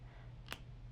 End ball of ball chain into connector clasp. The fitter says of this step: and pull until it clicks and it's snugly in place.